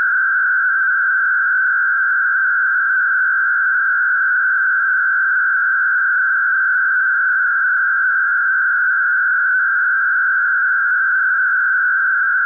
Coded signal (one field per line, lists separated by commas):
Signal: MT63